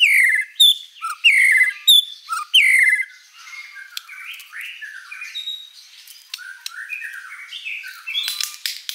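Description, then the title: White-rumped shama song: several bright, down-slurred whistles, giving way to softer warbling and scratchy notes with a sharp ticking at the end. Song used as a lure for trapping or training. "Pikat Murai Batu"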